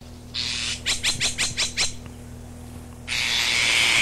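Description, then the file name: Azure tit with a hissing burst leading into a quick series of rasping notes, a short pause, then another long, loud hiss to the end. Recorded 12 June 1992. "Ccyanus 12 06 92"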